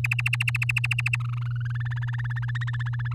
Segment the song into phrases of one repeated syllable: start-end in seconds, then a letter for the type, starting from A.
0.04-1.16 A, 1.20-1.82 B, 1.85-3.14 C